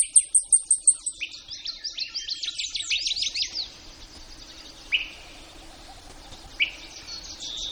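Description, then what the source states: Blackpoll warbler song: rapid very high, thin repeated notes, followed by a busy chorus of other songbirds with sweeping and slurred phrases. Recorded in Denali, Alaska, on 19 May 2015 at about 09:45.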